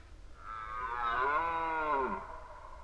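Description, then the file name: Red deer gives one hoarse roar that swells for about a second and a half and then drops in pitch as it fades out. Recorded during the rut, 2011. "rykowisko 2011"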